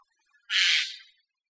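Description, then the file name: Eurasian jay producing a single harsh, noisy screech lasting about half a second. "Garrulus glandarius"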